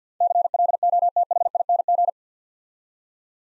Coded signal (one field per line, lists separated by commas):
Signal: Morse code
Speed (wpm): 48 wpm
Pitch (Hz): 700 Hz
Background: none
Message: CLOTHING